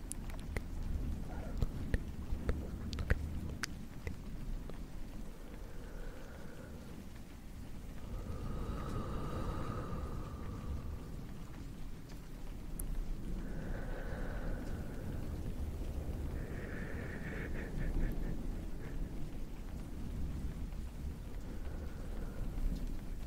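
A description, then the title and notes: Soft brushing sweeps across a fluffy microphone, making a steady, low rustle that swells and eases. Faint airy whispers surface every few seconds, around 6, 10, 14, 18 and 22 seconds, and a few small clicks and taps pop in the opening seconds. Face brushing, fluffy mic, rain.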